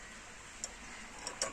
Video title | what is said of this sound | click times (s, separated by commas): Best solar system for dairy farm II Wanda mixer and grinder for small dairy farmer II Dr. Muzzammil | जबरदस्त, lock हो गया। | 1.4 s